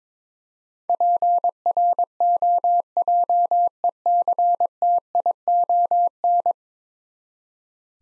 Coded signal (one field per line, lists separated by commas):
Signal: Morse code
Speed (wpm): 22 wpm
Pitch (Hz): 700 Hz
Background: none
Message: PROJECTION